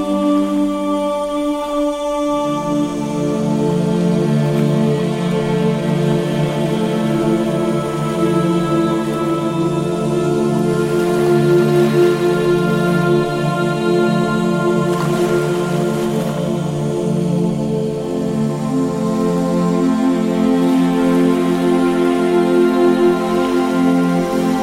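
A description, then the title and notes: Relaxing music holds sustained, layered tones throughout, with a soft hiss like gentle waves or rain beneath and a low drone entering after two seconds. Meditation Music & Gentle Ocean Waves. You can hear the waves gently lapping at the shore. The soothing sounds of gentle waves and relaxing music.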